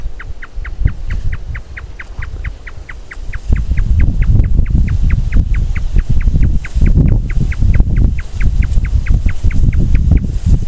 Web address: Marsh tapaculo. صدای-پرنده-تپلک-ماندابی